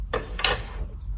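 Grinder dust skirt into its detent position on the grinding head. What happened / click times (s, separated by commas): The guard is being slid into position but has not seated yet / none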